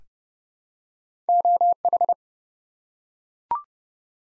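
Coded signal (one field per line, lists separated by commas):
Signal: Morse code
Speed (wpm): 30 wpm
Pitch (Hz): 700 Hz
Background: none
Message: OH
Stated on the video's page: Morse code practice at 30 wpm of ARRL section abbreviations used in Field Day contest exchanges, each sent, spoken, then sent again.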